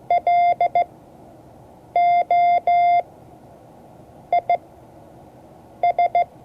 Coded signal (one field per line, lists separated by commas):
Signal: Morse code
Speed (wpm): 16 wpm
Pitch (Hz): 700 Hz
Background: none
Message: LOIS